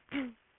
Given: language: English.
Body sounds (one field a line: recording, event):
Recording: throat vibration sensor signal played as sound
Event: throat clearing